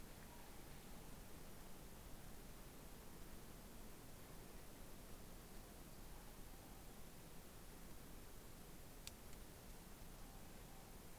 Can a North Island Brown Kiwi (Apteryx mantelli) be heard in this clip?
no